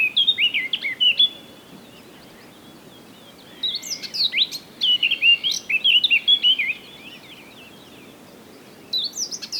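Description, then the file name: Eurasian blackcap song: the tail of one phrase, then a longer burst of mixed scratchy and fluty warbling notes, with a new phrase starting at the end. "Sylvia atricapilla"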